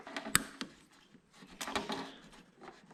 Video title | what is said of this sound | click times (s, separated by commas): P0299 Turbocharger Underboost RESOLVED! | there's the click we want | 0.4 s